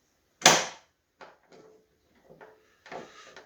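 With the metal tailgate lock latch of a VW Passat B7's rear hatch open, it is closed by hand to show a fault, giving a loud, sharp click at 0.5 s that seats the latch even though the tailgate itself has not been shut. Quieter handling knocks and rustles follow at about 1.2, 2.9 and 3.4 s.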